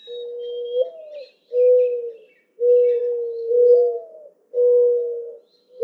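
Mourning dove song: a slurred rising coo and a hoot, then another rising coo and hoot, with thin bird whistles above.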